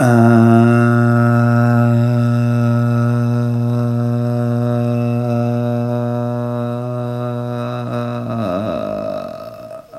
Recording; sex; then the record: sustained vowel /a/; male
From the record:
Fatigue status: fatigue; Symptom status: symptomatic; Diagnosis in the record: COVID-19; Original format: m4a